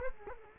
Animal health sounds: mosquito wingbeat signal from an infrared sensor; Culex quinquefasciatus

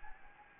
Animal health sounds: mosquito wingbeat signal from an infrared sensor; Anopheles gambiae

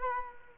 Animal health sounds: mosquito wingbeat signal from an infrared sensor; Culex quinquefasciatus

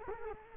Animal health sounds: mosquito wingbeat signal from an infrared sensor; Culex quinquefasciatus

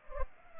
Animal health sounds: mosquito wingbeat signal from an infrared sensor; Culex pipiens

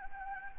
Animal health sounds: mosquito wingbeat signal from an infrared sensor; Anopheles gambiae

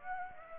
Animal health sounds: mosquito wingbeat signal from an infrared sensor; Aedes aegypti

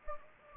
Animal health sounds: mosquito wingbeat signal from an infrared sensor; Anopheles gambiae

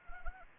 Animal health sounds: mosquito wingbeat signal from an infrared sensor; Anopheles arabiensis

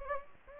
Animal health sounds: mosquito wingbeat signal from an infrared sensor; Anopheles gambiae

